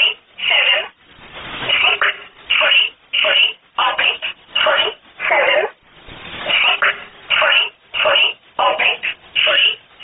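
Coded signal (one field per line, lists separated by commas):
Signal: numbers station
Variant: E11 Oblique, English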